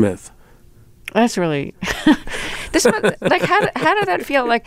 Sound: laughter

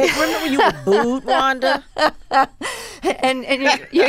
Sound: laughter

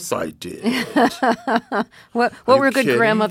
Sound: laughter

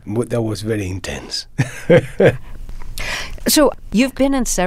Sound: laughter

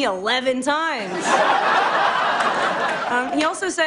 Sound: laughter

